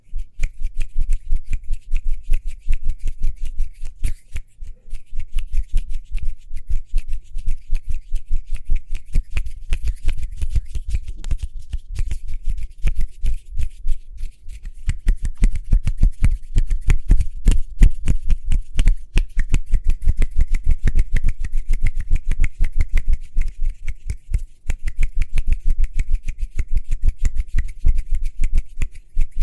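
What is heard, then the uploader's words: Speedy hand sounds: a rapid, dense stream of crisp taps, snaps and rubbing clicks that runs almost without pause for the whole clip. The pace stays fast and busy, easing only briefly around 4, 14 and 24 seconds before picking straight back up. ASMR Speedy Hand Sounds (No Talking).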